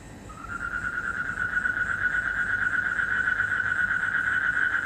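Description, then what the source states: Frog beginning a rapid pulsing trill that swells in from quiet, then continues as a steady mid-pitched buzz with faint low noise behind it. Recorded in Indonesia in 2012 during travels.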